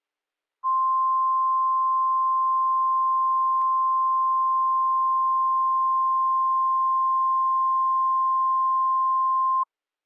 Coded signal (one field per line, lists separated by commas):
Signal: Emergency Alert System (SAME) tones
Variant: 1050 Hz attention tone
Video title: NOAA WEATHER RADIO- Required Weekly Test-Jan 29, 2020 12:00pm PST(audio)